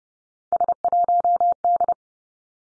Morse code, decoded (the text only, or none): S1D